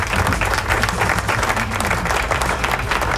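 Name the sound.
audience applause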